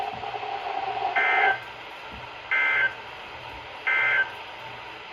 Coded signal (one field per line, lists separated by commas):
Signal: Emergency Alert System (SAME) tones